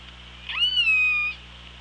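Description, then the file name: Killer whale call: one harmonic, tonal note that sweeps up briefly, then holds steady and slightly falling for about three-quarters of a second, over a constant low hum. Recorded on an OrcaLab hydrophone, 24 August 2017 at 07:46. "Orca Lab 20170824 074610"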